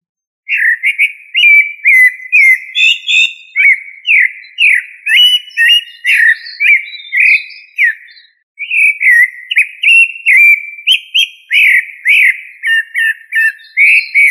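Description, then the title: Thrush song: a rich run of varied, slurred whistled phrases, rising and falling, delivered in quick succession with one short pause midway. Thrush family (Turdidae). "Familia Turdidae - Sabia"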